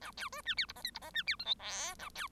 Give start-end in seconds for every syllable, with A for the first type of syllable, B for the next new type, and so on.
0.01-0.11 A, 0.17-0.29 B, 0.32-0.41 C, 0.45-0.54 D, 0.57-0.66 E, 0.68-0.72 F, 0.75-0.82 G, 0.84-0.91 H, 0.94-0.99 F, 1.01-1.10 G, 1.13-1.23 D, 1.26-1.36 E, 1.39-1.45 I, 1.45-1.54 J, 1.59-1.94 K, 1.99-2.09 A, 2.15-2.27 B